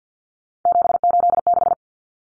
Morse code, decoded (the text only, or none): 786